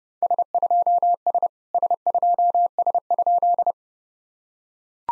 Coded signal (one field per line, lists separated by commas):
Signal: Morse code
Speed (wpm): 27 wpm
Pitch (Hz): 700 Hz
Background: none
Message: S2S S2S?